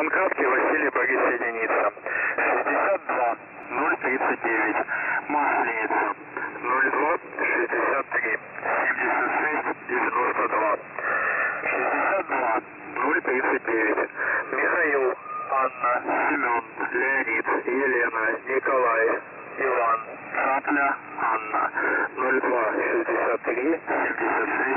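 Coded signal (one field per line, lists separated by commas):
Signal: coded military voice message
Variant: The Pip (S30), Russian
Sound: russian voice reads a callsign, number groups, a phonetically spelled codeword, then the time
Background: radio static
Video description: When a command message is sent the monolyth word is first spelled and then after number string the codeword is spelled again in phonetics.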